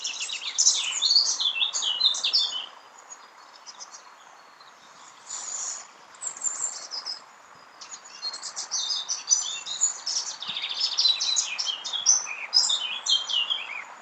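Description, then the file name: Eurasian blackcap song: bursts of quick, varied warbling and twittering notes, a quieter pause around three to five seconds, then the scratchy warble resumes and carries to the end. "Sylvia atricapilla"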